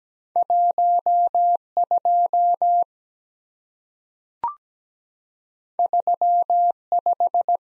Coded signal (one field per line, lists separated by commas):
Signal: Morse code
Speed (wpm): 17 wpm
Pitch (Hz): 700 Hz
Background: none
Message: 1 2 3 5